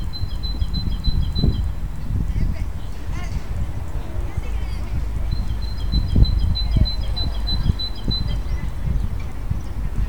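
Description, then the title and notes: Bird song: the end of one rapid high trill, then after a pause with faint chirps a longer trill, over constant low rumbling background noise. Recorded during the solar eclipse of 20 March 2015. "Grabación del canto de un pájaro durante el eclipse del 20 de marzo de 2015"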